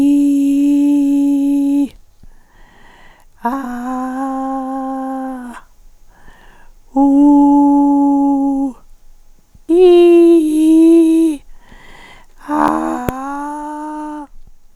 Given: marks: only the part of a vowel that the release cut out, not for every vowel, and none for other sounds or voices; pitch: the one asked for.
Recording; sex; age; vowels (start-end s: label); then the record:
sustained vowels; female; 60 to 69 years
0.00-1.73 s: vowel /i/, normal pitch
3.88-5.31 s: vowel /a/, normal pitch
7.10-8.34 s: vowel /u/, normal pitch
9.82-11.23 s: vowel /i/, high pitch
13.13-14.11 s: vowel /a/, high pitch
From the record:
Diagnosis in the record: recurrent laryngeal nerve paralysis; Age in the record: 69 years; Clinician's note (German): Beidseitig